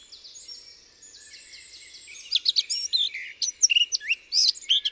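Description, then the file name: Eurasian blackcap song, a soft scratchy chatter of repeated buzzy notes giving way to loud, clear, varied whistled phrases. "Sylvia atricapilla"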